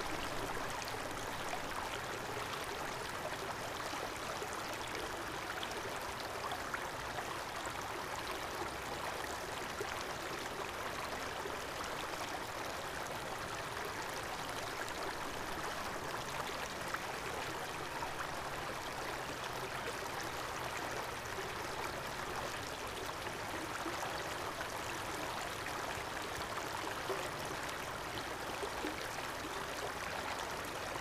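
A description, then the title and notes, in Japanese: A gentle river flows steadily for the whole stretch, a dense, even wash of water with fine trickling and bubbling detail in the middle and upper range. The level never rises or falls, and nothing else breaks through the constant rushing. 穏やかめな川の音。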